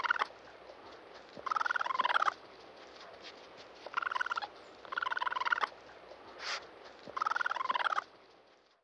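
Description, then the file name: Raccoon chittering: buzzy, rapidly pulsed trills in several bursts, with faint clicks and one short noisy burst between. "dan-gibsons-solitudes raccoon"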